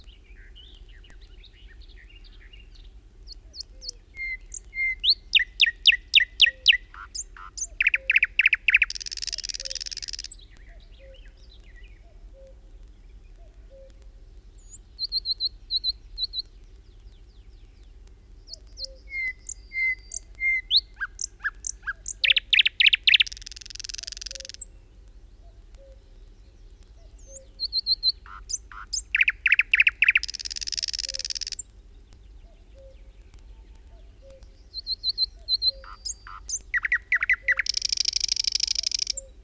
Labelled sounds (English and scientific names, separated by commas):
Thrush Nightingale (Luscinia luscinia) song